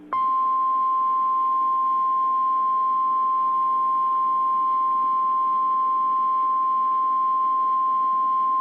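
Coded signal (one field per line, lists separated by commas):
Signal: Emergency Alert System (SAME) tones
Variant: 1050 Hz attention tone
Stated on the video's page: Real fire warning EAS alert.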